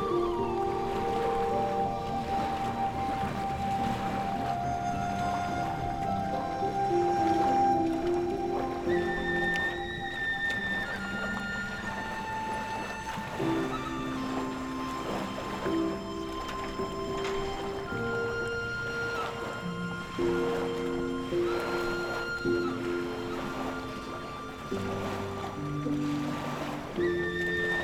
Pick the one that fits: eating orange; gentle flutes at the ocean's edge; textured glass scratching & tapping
gentle flutes at the ocean's edge